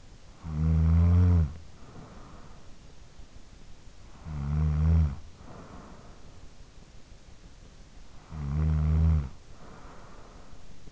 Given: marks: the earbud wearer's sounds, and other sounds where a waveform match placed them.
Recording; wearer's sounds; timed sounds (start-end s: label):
sounds in sleep by an in-ear microphone; snoring breath
0.00-2.95 s: snoring breath
3.73-6.76 s: snoring breath
7.97-10.92 s: snoring breath